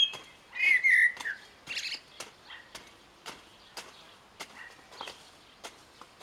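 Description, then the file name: Eurasian blackbird with a loud clear whistled phrase early on, followed by a few softer notes over a series of sharp clicks. "Turdus merula"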